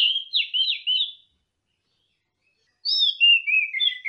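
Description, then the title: Orange-headed thrush singing a short phrase of sweet slurred whistles, a pause of about one and a half seconds, then another whistled phrase stepping downward. "Burung Anis Merah"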